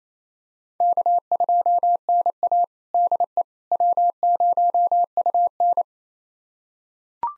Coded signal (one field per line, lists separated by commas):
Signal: Morse code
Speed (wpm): 28 wpm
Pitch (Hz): 700 Hz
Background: none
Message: K2NA DE W0UN